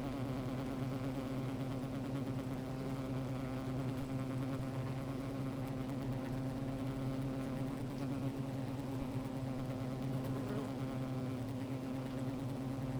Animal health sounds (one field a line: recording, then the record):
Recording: honeybee colony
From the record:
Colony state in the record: active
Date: 28 July 2017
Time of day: 13:50